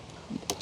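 A latch with a safety catch on a NIU KQi100P electric scooter frame is moved back and snaps shut. A sharp click is heard at 0.5 s, followed by a fainter tick at 0.6 s. The latch is locked into place.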